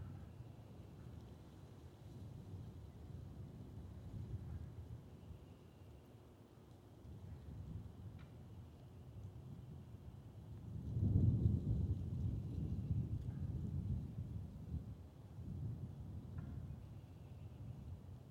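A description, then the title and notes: A train rumbles low and steady throughout, swelling louder around the eleven-second mark, with faint peeper calls as a thin high band behind it. Recorded in West Kingstown, Rhode Island on Liberty Road near the Great Swamp. Peepers and all the other critters came out. Peepers, Woodcocks & Trains.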